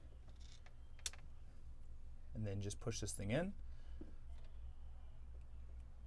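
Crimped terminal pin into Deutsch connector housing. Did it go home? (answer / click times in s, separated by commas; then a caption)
no / none. A crimped terminal pin is handled at the back of a Deutsch connector housing while someone talks, with a few faint taps and one sharper tick around 1.1 s. The clip ends just before the pin goes home, so nothing has seated or clicked yet.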